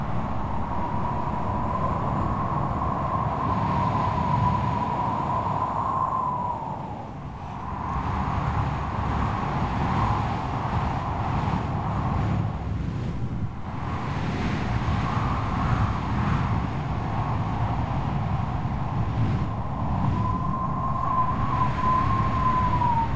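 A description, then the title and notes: Strong, stormy wind roars in a dense, deep rumble that barely lets up, with brief lulls around seven and thirteen seconds. A wavering whistle rides above the roar, rising and falling, and turns thin and sharper near the end. Strong Stormy Wind.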